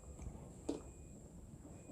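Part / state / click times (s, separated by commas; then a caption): steering lock bolt into the scooter's steering head / not seated / none. With the handlebar of a Yamaha Fazzio scooter turned fully to the left, a key is being turned to drive the steering lock bolt into the steering head. A brief soft knock stands out at about 0.7 s over a steady low background hum. Nothing has seated or clicked yet; the lock is still being handled.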